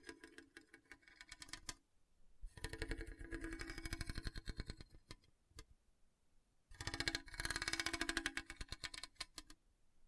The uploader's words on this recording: ASMR Hard and Bumpy Surface Scratching (No Talking).